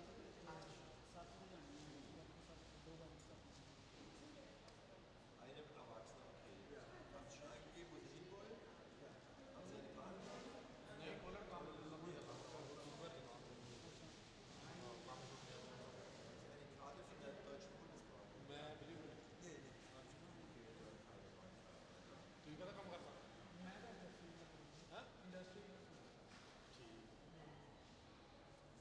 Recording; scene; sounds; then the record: everyday scene through a hearing-aid microphone; reverberant space; background noise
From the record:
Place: railway station hall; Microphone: in the ear canal, left